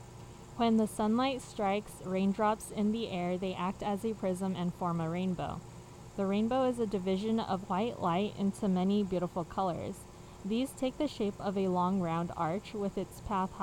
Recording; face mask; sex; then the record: reading aloud; surgical mask; female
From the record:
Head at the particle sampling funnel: facing it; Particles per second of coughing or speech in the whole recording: 0.0203